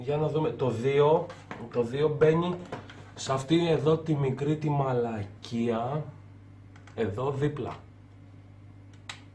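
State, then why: Seated. Someone talks while plugging cable number 2 of a VR headset into a small port next to the HDMI on the processor unit. A few faint handling taps are followed by a single sharp click at 9.1 s as the connector snaps into the port and seats.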